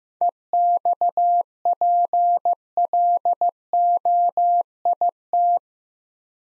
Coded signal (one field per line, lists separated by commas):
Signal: Morse code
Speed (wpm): 15 wpm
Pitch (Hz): 700 Hz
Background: none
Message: EXPLOIT